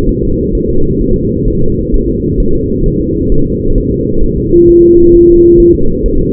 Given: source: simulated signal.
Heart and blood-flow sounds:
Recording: fetal heart sounds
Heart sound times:
0.09 s: S1
0.23 s: S2
0.55 s: S1
0.69 s: S2
1.01 s: S1
1.16 s: S2
1.48 s: S1
1.62 s: S2
1.94 s: S1
2.08 s: S2
2.40 s: S1
2.54 s: S2
2.86 s: S1
3.00 s: S2
3.32 s: S1
3.46 s: S2
3.78 s: S1
3.92 s: S2
4.24 s: S1
4.38 s: S2
4.69 s: S1
4.84 s: S2
5.15 s: S1
5.29 s: S2
5.60 s: S1
5.74 s: S2
6.06 s: S1
6.20 s: S2
From the record:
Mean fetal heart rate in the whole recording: 130 bpm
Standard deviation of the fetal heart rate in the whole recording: 4 bpm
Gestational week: 38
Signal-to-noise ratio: -17.7 dB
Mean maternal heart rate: 72 bpm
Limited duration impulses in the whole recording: present

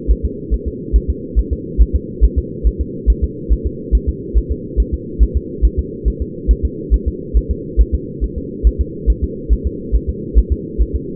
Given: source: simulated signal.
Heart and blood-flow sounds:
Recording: fetal heart sounds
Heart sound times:
0.11 s: S1
0.25 s: S2
0.54 s: S1
0.68 s: S2
0.96 s: S1
1.10 s: S2
1.39 s: S1
1.53 s: S2
1.82 s: S1
1.96 s: S2
2.24 s: S1
2.38 s: S2
2.67 s: S1
2.81 s: S2
3.10 s: S1
3.24 s: S2
3.53 s: S1
3.67 s: S2
3.95 s: S1
4.09 s: S2
4.38 s: S1
4.52 s: S2
4.80 s: S1
4.94 s: S2
5.23 s: S1
5.37 s: S2
5.65 s: S1
5.79 s: S2
6.08 s: S1
6.22 s: S2
6.51 s: S1
6.65 s: S2
6.94 s: S1
7.08 s: S2
7.37 s: S1
7.51 s: S2
7.81 s: S1
7.95 s: S2
8.24 s: S1
8.38 s: S2
8.67 s: S1
8.81 s: S2
9.10 s: S1
9.24 s: S2
9.53 s: S1
9.67 s: S2
9.95 s: S1
10.09 s: S2
10.38 s: S1
10.52 s: S2
10.82 s: S1
10.96 s: S2
From the record:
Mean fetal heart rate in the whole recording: 140 bpm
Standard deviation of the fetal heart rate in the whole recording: 2 bpm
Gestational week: 34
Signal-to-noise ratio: -4.1 dB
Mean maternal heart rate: no maternal heart sound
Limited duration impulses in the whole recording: absent

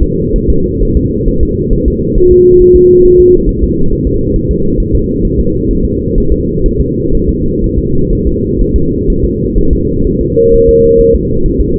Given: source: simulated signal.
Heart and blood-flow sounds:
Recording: fetal heart sounds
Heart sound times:
0.03 s: S2
0.36 s: S1
0.50 s: S2
0.83 s: S1
0.97 s: S2
1.28 s: S1
1.43 s: S2
1.73 s: S1
1.88 s: S2
2.18 s: S1
2.32 s: S2
2.62 s: S1
2.76 s: S2
3.05 s: S1
3.20 s: S2
3.49 s: S1
3.63 s: S2
3.93 s: S1
4.07 s: S2
4.36 s: S1
4.51 s: S2
4.80 s: S1
4.95 s: S2
5.25 s: S1
5.39 s: S2
5.71 s: S1
5.85 s: S2
6.18 s: S1
6.32 s: S2
6.66 s: S1
6.81 s: S2
7.15 s: S1
7.29 s: S2
7.64 s: S1
7.78 s: S2
8.13 s: S1
8.27 s: S2
8.61 s: S1
8.76 s: S2
9.10 s: S1
9.25 s: S2
9.59 s: S1
9.73 s: S2
10.07 s: S1
10.21 s: S2
10.54 s: S1
10.69 s: S2
11.01 s: S1
11.16 s: S2
11.46 s: S1
11.60 s: S2
From the record:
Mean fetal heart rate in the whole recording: 130 bpm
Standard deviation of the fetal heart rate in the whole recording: 4 bpm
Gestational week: 38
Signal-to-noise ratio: -16.4 dB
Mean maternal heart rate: 72 bpm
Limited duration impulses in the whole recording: present

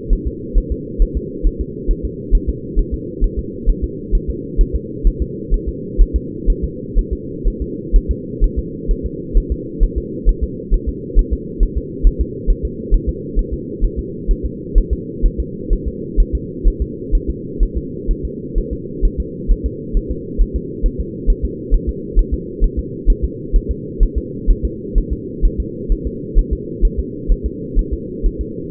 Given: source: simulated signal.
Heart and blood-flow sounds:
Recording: fetal heart sounds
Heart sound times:
0.13 s: S1
0.27 s: S2
0.58 s: S1
0.72 s: S2
1.02 s: S1
1.17 s: S2
1.47 s: S1
1.61 s: S2
1.91 s: S1
2.05 s: S2
2.35 s: S1
2.49 s: S2
2.79 s: S1
2.94 s: S2
3.24 s: S1
3.39 s: S2
3.69 s: S1
3.84 s: S2
4.15 s: S1
4.30 s: S2
4.61 s: S1
4.76 s: S2
5.07 s: S1
5.22 s: S2
5.54 s: S1
5.69 s: S2
6.02 s: S1
6.16 s: S2
6.50 s: S1
6.64 s: S2
6.99 s: S1
7.13 s: S2
7.47 s: S1
7.62 s: S2
7.96 s: S1
8.11 s: S2
8.44 s: S1
8.59 s: S2
8.91 s: S1
9.06 s: S2
9.38 s: S1
9.52 s: S2
9.83 s: S1
9.98 s: S2
10.29 s: S1
10.44 s: S2
10.74 s: S1
10.89 s: S2
11.19 s: S1
11.33 s: S2
11.63 s: S1
11.78 s: S2
12.07 s: S1
12.21 s: S2
12.50 s: S1
12.65 s: S2
12.94 s: S1
13.09 s: S2
13.39 s: S1
13.53 s: S2
13.85 s: S1
13.99 s: S2
14.31 s: S1
14.46 s: S2
14.78 s: S1
14.93 s: S2
15.26 s: S1
15.40 s: S2
15.73 s: S1
15.88 s: S2
16.20 s: S1
16.35 s: S2
16.68 s: S1
16.82 s: S2
17.15 s: S1
17.30 s: S2
17.63 s: S1
17.77 s: S2
18.11 s: S1
18.25 s: S2
18.58 s: S1
18.73 s: S2
19.05 s: S1
19.20 s: S2
19.52 s: S1
19.66 s: S2
19.97 s: S1
20.11 s: S2
20.41 s: S1
20.56 s: S2
20.86 s: S1
21.00 s: S2
21.30 s: S1
21.45 s: S2
21.74 s: S1
21.89 s: S2
22.19 s: S1
22.34 s: S2
22.64 s: S1
22.79 s: S2
23.10 s: S1
23.24 s: S2
23.56 s: S1
23.71 s: S2
24.03 s: S1
24.18 s: S2
24.51 s: S1
24.65 s: S2
24.98 s: S1
25.13 s: S2
25.45 s: S1
25.60 s: S2
25.92 s: S1
26.07 s: S2
26.38 s: S1
26.53 s: S2
26.85 s: S1
27.00 s: S2
27.32 s: S1
27.46 s: S2
27.79 s: S1
27.93 s: S2
28.26 s: S1
28.41 s: S2
From the record:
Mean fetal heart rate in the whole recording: 130 bpm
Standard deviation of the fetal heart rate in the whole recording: 4 bpm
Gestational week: 38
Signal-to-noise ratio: -4.1 dB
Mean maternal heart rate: no maternal heart sound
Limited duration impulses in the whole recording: absent

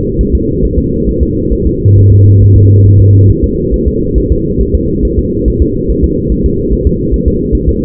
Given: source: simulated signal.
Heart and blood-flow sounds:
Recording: fetal heart sounds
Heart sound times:
0.21 s: S1
0.35 s: S2
0.64 s: S1
0.78 s: S2
1.09 s: S1
1.23 s: S2
1.53 s: S1
1.67 s: S2
1.98 s: S1
2.12 s: S2
2.42 s: S1
2.56 s: S2
2.86 s: S1
3.00 s: S2
3.30 s: S1
3.44 s: S2
3.74 s: S1
3.88 s: S2
4.18 s: S1
4.32 s: S2
4.61 s: S1
4.75 s: S2
5.05 s: S1
5.19 s: S2
5.48 s: S1
5.62 s: S2
5.90 s: S1
6.04 s: S2
6.32 s: S1
6.46 s: S2
6.73 s: S1
6.87 s: S2
7.14 s: S1
7.28 s: S2
7.55 s: S1
7.69 s: S2
From the record:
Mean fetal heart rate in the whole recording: 140 bpm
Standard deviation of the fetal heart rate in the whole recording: 2 bpm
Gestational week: 34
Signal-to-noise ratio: -10.2 dB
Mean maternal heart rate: 72 bpm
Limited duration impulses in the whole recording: present

